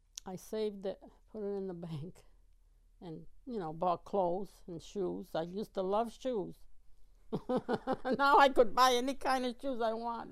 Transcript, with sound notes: I saved it, put it in the bank, and, you know, bought clothes and shoes. I used to love shoes. ( she laughs ) Now I could buy any kind of shoes I wanted.